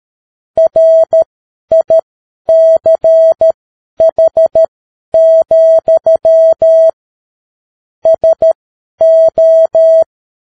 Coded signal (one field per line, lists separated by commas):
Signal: Morse code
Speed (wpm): 13 wpm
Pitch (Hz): 650 Hz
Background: none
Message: RICH, SO